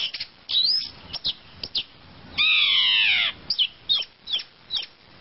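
Bird song, sharp chirps separated by pauses and a long harsh descending buzzy note in the middle.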